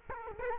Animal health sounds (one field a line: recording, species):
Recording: mosquito wingbeat signal from an infrared sensor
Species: Culex quinquefasciatus